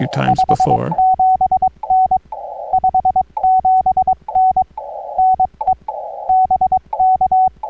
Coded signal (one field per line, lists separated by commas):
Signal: Morse code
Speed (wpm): 21 wpm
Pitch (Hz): 750 Hz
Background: speech, radio noise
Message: 57N 57N NE BK